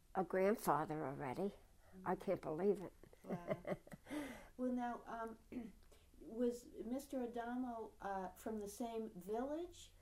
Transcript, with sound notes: a grandfather already. I can't believe it. ( she laughs )
Well, now, uh, was Mr. Adamo from the same village?